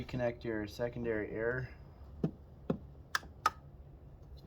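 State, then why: Seated. Someone talks, then the plastic quick connector of the secondary air hose is pushed onto its port on a Raceline cold air intake on a MK7 MQB VW Golf Sportwagon. Two soft taps at 2.2 and 2.7 seconds come first, followed by two sharp clicks at 3.2 and 3.5 seconds. The connector seats on the port.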